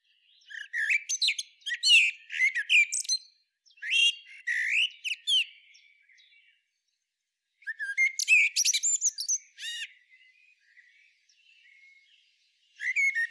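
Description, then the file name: Common blackbird singing: two squeaky warbled phrases, a short silence, another bright phrase, then quiet twitters before a new phrase begins. "Turdus merula"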